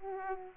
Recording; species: mosquito wingbeat signal from an infrared sensor; Aedes aegypti